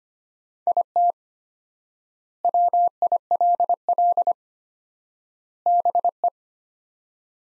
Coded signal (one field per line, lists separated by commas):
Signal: Morse code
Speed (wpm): 25 wpm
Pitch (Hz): 700 Hz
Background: none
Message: IT WILL BE